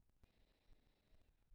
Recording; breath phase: one breath near a microphone; inhalation